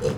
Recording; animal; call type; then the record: contact call of a hoofed animal; pig; closed-mouth grunt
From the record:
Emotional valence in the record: positive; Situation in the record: food and toys in familiar pen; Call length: 0.18 s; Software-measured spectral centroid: 2320 Hz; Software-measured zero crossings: 1290 a second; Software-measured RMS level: -25 dBFS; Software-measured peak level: -11 dBFS